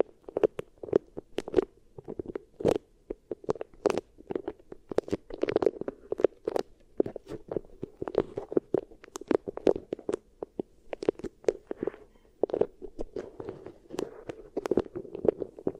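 Beeswax is worked against the ear in a dense run of soft squishes and sticky crackles. Sharp clicks and pops come several times a second, irregularly, over a low muffled rumble that pulses throughout. The texture stays busy and uneven for the whole stretch.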